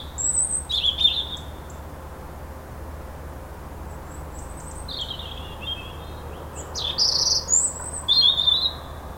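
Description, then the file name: European robin song in two high, thin warbling phrases, one at the start and one near the end, separated by a quiet gap of several seconds. "Erithacus rubecula"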